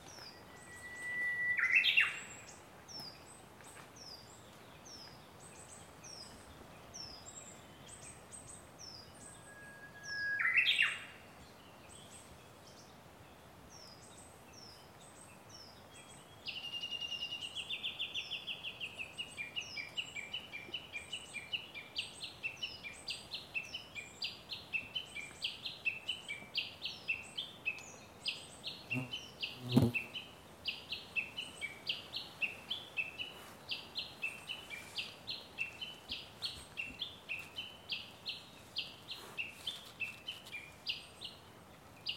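Japanese nightingales sing in a quiet mountain setting, with two clear rising whistled phrases near 2 and 11 seconds. From about 16 seconds a fast, high, regular chirping runs steadily to the end, over faint background hiss, with a brief low knock near 30 seconds.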